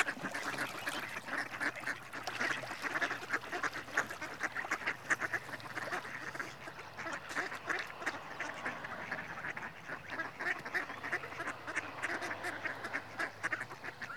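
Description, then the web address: Mallard drake giving a steady stream of rasping, nasal calls in a dense, continuous chatter throughout. Male. "The BBC Sound Effects Library. Mallard (Anas Platyrhynchos) Male"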